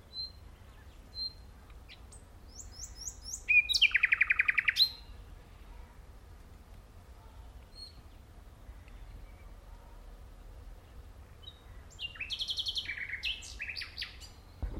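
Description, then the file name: Common nightingale song with long gaps: soft high whistles, a loud rapid rattling trill, then after a silence a rich varied phrase of buzzy and whistled notes. "Luscinia megarhynchos"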